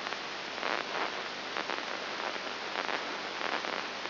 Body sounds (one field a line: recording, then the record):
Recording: brain microelectrode recording played as sound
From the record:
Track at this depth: inside the subthalamic nucleus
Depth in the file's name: 3.302 mm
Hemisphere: left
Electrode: 3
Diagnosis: Parkinson's disease